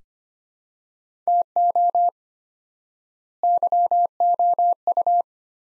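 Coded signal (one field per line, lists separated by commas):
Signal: Morse code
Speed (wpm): 25 wpm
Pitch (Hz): 700 Hz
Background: none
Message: TO YOU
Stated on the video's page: Morse practice of two-word sets at 25 wpm with 4x word spacing, a Farnsworth-like method applied to words, for head-copy training.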